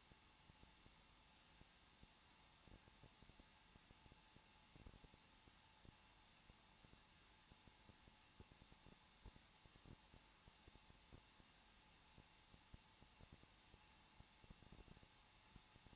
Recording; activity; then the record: daily activity, microphone in the room; no activity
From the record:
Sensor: 1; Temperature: 20.1 degrees Celsius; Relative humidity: 39.4%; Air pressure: 1006.4 hPa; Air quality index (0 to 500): 219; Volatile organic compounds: 82 ppm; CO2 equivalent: 3622 ppm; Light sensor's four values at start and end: 1/2/1/1 and 1/2/1/1